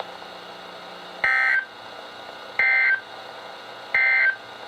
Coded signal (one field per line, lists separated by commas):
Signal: Emergency Alert System (SAME) tones